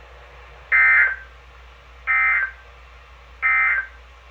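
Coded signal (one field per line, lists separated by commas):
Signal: Emergency Alert System (SAME) tones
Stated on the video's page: Required Weekly Test on NOAA Weather Radio station.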